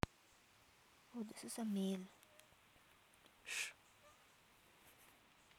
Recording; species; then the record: mosquito flight sound by mobile phone; Aedes sierrensis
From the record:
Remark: free flight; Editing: field recording with all noises